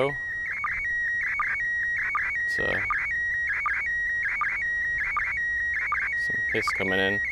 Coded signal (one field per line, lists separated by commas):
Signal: SSTV (slow-scan television)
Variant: PD 180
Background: speech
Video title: Sexism in space? - ISS SSTV Image of Pioneering Cosmonaut